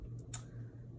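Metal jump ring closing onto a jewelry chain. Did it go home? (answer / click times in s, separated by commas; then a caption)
yes / 0.3 s. A metal jump ring on a jewelry chain is pressed closed with chain nose pliers so its ends meet. It gives one sharp, bright click at 0.3 s over a low steady hum, as the ring pops and locks into place.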